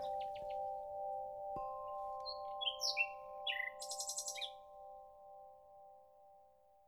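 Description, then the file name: Common nightingale singing a short run of varied phrases: clipped whistles, slurred notes and a rattling high trill near the middle, set against a steady background hum. "Nachtigall"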